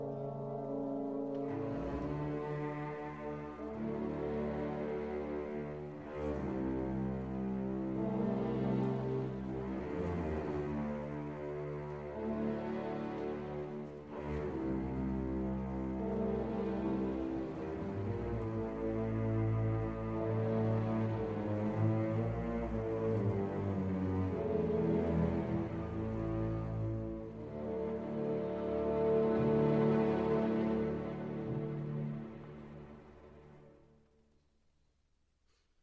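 Warm instrumental music plays steadily, with sustained low tones and soft melodic lines layered over a gentle, even pulse. Phrases shift every few seconds, building slightly toward the thirty-second mark before the music fades out over the final few seconds.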